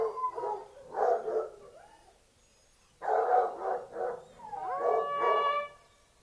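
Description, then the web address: Foxhounds baying in bursts separated by short pauses, with rough yelps followed by long rising howls near the end. Pack of fox-hunting hounds 'singing' (baying) during a fox hunt. "Sound Effects-BBC Dog Hunting Hound BBC. fox hunting hounds singing huntsman blows picking up hounds on horn"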